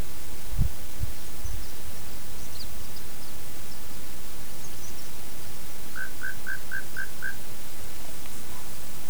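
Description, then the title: Glossy flowerpiercer calling: a brief run of six short, evenly spaced notes late, with a low thump early on and constant hiss throughout. "Diglossa lafresnayii"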